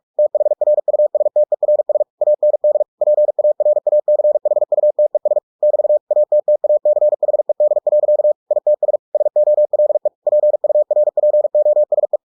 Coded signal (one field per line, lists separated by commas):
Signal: Morse code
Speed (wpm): 46 wpm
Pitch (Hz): 600 Hz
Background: none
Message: THRUSTERS AND PARACHUTES <BT> ATTACHED. ITS SOLE PURPOSE